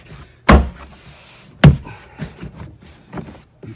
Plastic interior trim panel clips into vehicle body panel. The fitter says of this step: we have everything lined up and snapped in place so